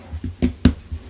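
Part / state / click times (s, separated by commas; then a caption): battery cover on the back of a smartphone / not seated / none. The plastic battery cover on the back of a Verizon Motorola Droid 3 smartphone is handled as it is put back on, its tabs being hooked in. Soft handling rustles are heard with two short, sharp taps at about 0.4 s and 0.7 s. The cover has not snapped into place yet, and nothing has seated or clicked.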